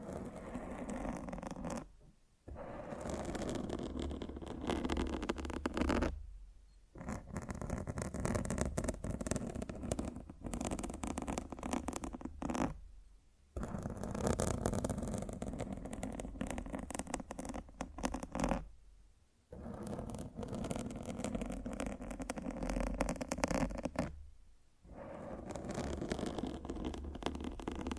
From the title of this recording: Mic Scratching